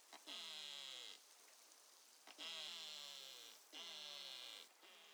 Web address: BELUGA